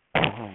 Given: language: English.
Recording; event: throat vibration sensor signal played as sound; throat clearing